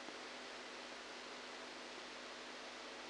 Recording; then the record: brain microelectrode recording played as sound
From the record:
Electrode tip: outside the subthalamic nucleus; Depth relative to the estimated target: -8 mm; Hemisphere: right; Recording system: NeuroSet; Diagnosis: Parkinson's disease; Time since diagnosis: 7 years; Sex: male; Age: 69 years